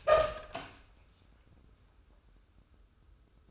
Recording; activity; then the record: daily activity, microphone in the room; open door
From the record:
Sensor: 2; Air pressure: 1015.1 hPa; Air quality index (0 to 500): 174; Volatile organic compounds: 10 ppm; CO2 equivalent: 2257 ppm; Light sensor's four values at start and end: 9/25/9/10 and 9/25/9/10